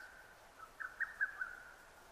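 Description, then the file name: Lesser cuckoo delivering one short phrase of several rapid notes against low hiss. Recorded 6 June 2009. "hototogisu 20090606"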